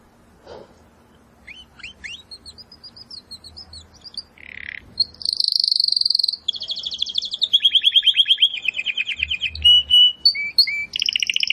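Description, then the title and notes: Domestic canary song: soft chirps build into loud rapid trills and buzzy rolls, pitch stepping between high and middle notes, with a faint low hum beneath. Belgian canary singing; labelled "Campainha". "Canário Belga Campainha Canary Singing. Canario Belga Cantando"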